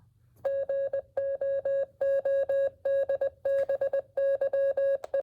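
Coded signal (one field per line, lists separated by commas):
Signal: Morse code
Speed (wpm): 20 wpm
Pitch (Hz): 550 Hz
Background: music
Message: GOODBYE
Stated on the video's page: Library STEM activity for learning Morse code, themed on a fairy tale.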